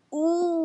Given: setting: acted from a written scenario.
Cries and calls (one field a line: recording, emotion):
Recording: vocal sound without words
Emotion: pain